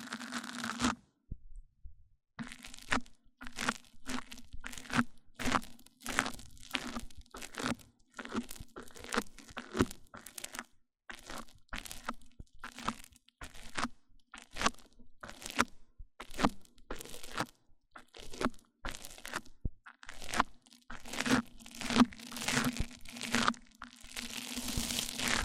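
Mic-on-mic triggers: a run of sharp scratchy bursts and crackles, repeating every half second or so for the full length, with a faint steady low hum beneath them. The touches grow denser and brighter toward the end, after a brief silent gap near the start.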